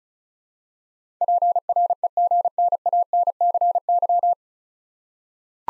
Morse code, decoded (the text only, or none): PREGNANCY